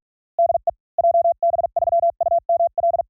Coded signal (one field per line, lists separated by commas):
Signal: Morse code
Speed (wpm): 47 wpm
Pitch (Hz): 690 Hz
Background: none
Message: DE JB3UML